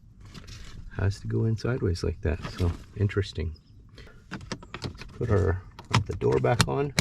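On a 2023-2024 Honda CR-V Hybrid, a new Bosch HEPA cabin air filter has been slid in sideways, and the plastic cabin filter access door is being handled back toward the HVAC filter housing behind the glove box. Someone talks throughout, with a few short plastic handling ticks around 4.3 to 5.0 seconds. Nothing has seated or clicked into place yet.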